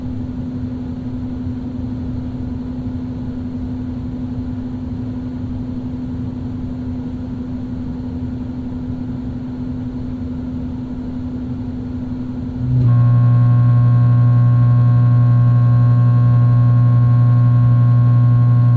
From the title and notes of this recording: Two Vents. Vents recorded by Dan Bodah, Fall 2008 & April 2009, Brooklyn NY.